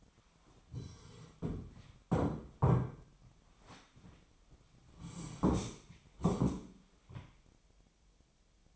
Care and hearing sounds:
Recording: daily activity, microphone in the room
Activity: sit down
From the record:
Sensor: 1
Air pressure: 1008.1 hPa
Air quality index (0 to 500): 191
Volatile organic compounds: 17 ppm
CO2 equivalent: 2583 ppm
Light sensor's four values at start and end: 13/33/13/15 and 13/33/13/15

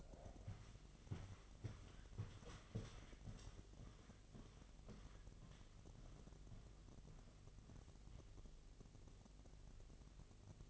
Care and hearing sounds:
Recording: daily activity, microphone in the room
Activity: walk to room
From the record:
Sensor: 4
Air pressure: 1000.3 hPa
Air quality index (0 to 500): 213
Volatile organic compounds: 22 ppm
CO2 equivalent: 2755 ppm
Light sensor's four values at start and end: 9/20/8/8 and 9/21/8/8

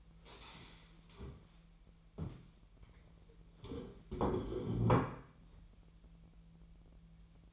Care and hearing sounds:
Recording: daily activity, microphone in the room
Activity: stand up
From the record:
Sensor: 1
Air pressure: 1001.9 hPa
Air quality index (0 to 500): 246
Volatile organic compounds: 116 ppm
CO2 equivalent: 3854 ppm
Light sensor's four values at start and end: 11/26/11/12 and 10/25/10/12

